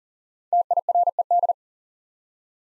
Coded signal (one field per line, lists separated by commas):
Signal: Morse code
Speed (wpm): 40 wpm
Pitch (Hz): 700 Hz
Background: none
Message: TIRED